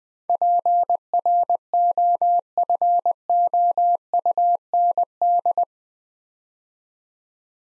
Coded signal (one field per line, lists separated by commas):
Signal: Morse code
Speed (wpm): 21 wpm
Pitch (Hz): 700 Hz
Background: none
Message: PROFOUND